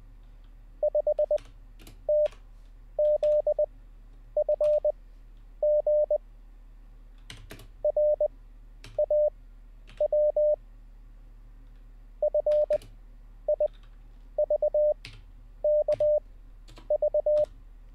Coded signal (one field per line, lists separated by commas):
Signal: Morse code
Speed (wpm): 20 wpm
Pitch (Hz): 600 Hz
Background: none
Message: 5TZFG RAW FIVKV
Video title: How To Learn Morse Code LIVE with N0SSC (Day 14)